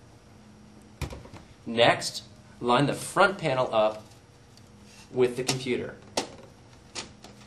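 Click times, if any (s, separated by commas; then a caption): 6.2 s, 7.2 s. Someone talks while the plastic front bezel of a PC case is lined up with the chassis and pushed back to snap its locking tabs into place. Sharp plastic snaps ring out at 6.2 s and 7.2 s, and the front panel is seated.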